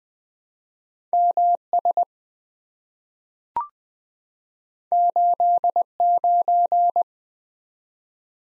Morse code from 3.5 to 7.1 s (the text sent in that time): 89